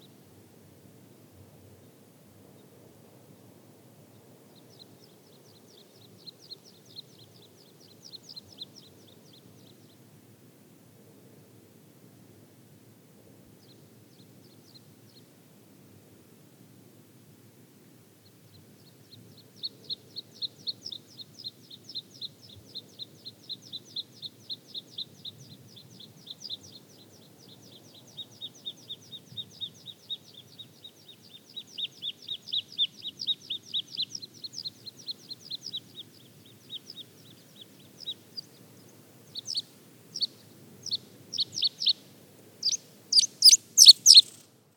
American Pipit song recorded on Trail Ridge Rd in Rocky Mountain National Park.